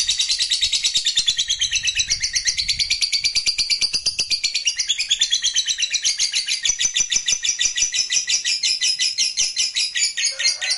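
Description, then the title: Lovebird chattering trill, long rapid run of high rattling notes, unbroken for the whole stretch, slightly uneven in pace. Lovebird sound used to stimulate other lovebirds. "Suara Lovebird"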